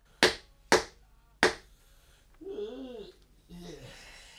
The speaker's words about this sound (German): Wer klopft? Mach auf!